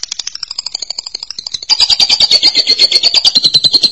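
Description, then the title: Lovebird chattering, a rapid series of high buzzy notes that grows louder halfway through and continues as a dense trill. "BM Suara Burung Lovebird"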